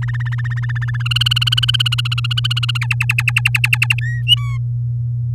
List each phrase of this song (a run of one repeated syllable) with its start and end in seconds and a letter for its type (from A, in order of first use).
0.02-1.02 A, 1.05-2.78 B, 2.81-3.94 C, 4.01-4.22 D, 4.27-4.58 E